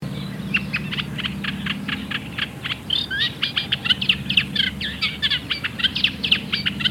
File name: Cannaiola Comune